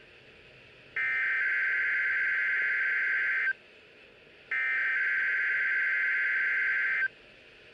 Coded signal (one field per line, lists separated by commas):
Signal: Emergency Alert System (SAME) tones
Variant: header bursts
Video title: Required Weekly Test (July 2) | EAS#6